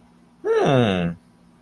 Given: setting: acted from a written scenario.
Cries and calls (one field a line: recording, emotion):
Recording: vocal sound without words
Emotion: interest